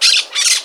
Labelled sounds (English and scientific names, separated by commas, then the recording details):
Brown-throated Parakeet (Eupsittula pertinax) contact call
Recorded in Margarita
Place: Just E of turn-off to San Francisco, near mirador
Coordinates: 11.058, -64.282